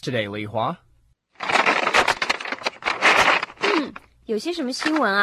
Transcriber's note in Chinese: sound of newspaper rustling